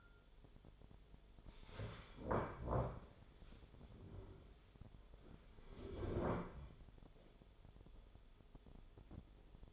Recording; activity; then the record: daily activity, microphone in the room; stand up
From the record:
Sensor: 5